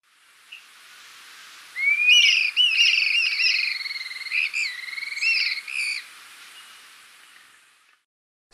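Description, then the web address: Dusky-capped flycatcher song: a continuous rolling, warbled run of whistled notes lasting about four seconds, rising at the start and then wavering level. Ecuador. "Birds of Ecuador. Dusky-capped Flycatcher"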